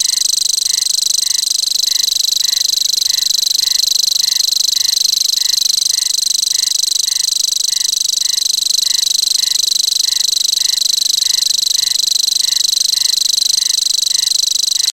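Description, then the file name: Grasshopper warbler song, a sustained high buzzing trill of fast regular pulses, with a lower short note repeated about every half second beneath it. "grasshopper warbler omkicau"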